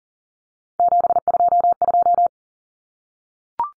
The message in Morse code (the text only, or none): 722